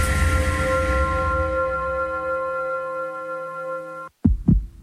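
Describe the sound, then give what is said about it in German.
A steady, buzzing electronic tone holds for about four seconds, cuts to silence, then a heartbeat sound effect follows: one deep lub-dub, two loud, low thumps in quick succession, in a radio advertisement for the Mediclean Herzzentrum Lahr Baden heart centre. “Jeder Herzschlag zählt und für Ihr Herz machen wir uns stark.”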